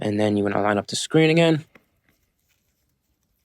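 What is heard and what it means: Someone talks while lining up the display assembly of an iPhone 15 Pro on the phone frame again during a battery replacement, before pressing it into place. After the talking stops around 1.7 s, there is near silence with faint small ticks near 1.8 s and 2.1 s. Nothing has seated or clicked yet.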